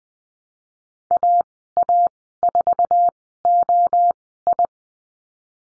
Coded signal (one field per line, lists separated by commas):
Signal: Morse code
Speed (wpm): 20 wpm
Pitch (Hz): 700 Hz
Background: none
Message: AA4OI